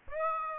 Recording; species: mosquito wingbeat signal from an infrared sensor; Aedes aegypti